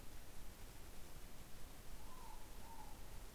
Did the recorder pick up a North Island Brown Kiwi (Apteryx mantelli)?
no